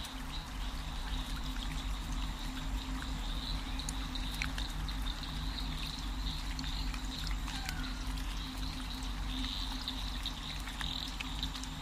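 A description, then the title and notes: A dense, steady wetland chorus of frogs or insects buzzes high and constant over a low hum, with scattered faint clicks and calls throughout. Wetland Stakeout: ambient soundscape. Deep in a wetland.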